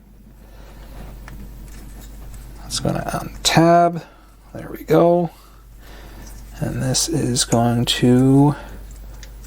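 A plastic part of a transforming toy figure is pushed into its slot while someone talks. It seats with one crisp click at 9.2 s.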